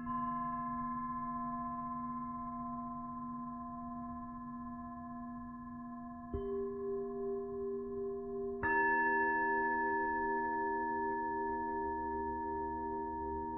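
Tibetan singing bowls ring with steady, sustained tones layered over a low hum. Around six seconds a new bowl is struck, adding a pulsing, wavering middle tone, and near nine seconds another strike brings a brighter, louder ring that holds to the end.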